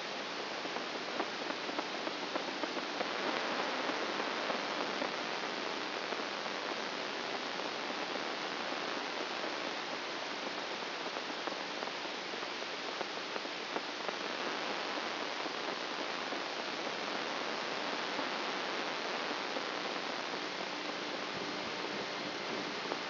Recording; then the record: brain microelectrode recording played as sound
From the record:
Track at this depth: inside the subthalamic nucleus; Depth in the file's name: 2.503 mm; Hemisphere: right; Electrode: 2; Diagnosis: Parkinson's disease